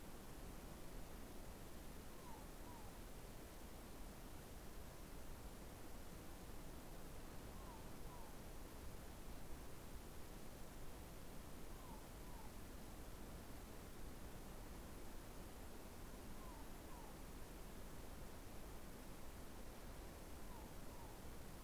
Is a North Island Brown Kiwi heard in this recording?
no